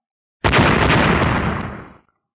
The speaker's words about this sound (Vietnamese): Thân hình của Trúc Long vọt mạnh lên phía trên, một hồi âm thanh bạo phá không ngừng vang lên.